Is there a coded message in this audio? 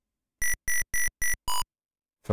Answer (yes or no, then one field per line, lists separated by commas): no